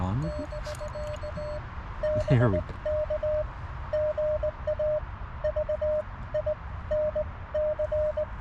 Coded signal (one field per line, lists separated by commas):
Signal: Morse code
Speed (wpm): 18 wpm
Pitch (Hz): 600 Hz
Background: speech, music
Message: <BK> BK GA VINC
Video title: POTA and Morse Tutor Kit Building with Vince VE6LK/AI7LK | Parks on the Air